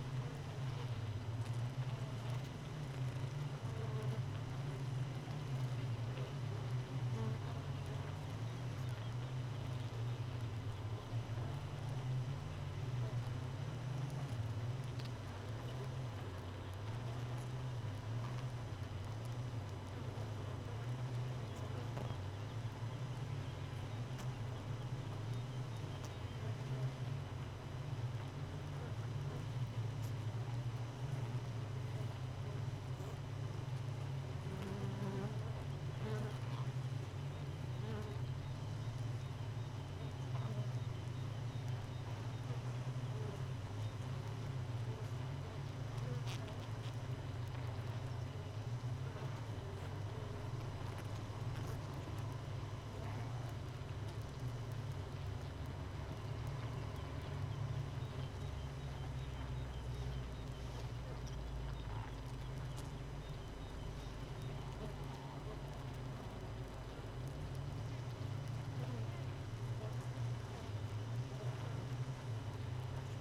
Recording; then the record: honeybee colony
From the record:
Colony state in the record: missing queen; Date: 31 May 2018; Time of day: 4:37